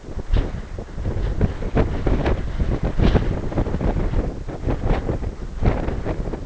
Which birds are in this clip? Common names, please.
none